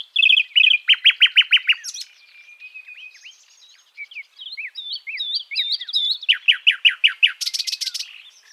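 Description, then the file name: Common nightingale song opening with a series of loud, evenly repeated dropping notes, followed by soft varied twitters and swoops, then another fast repeated series and a burst of harsh buzzy notes. "Luscinia megarhynchos"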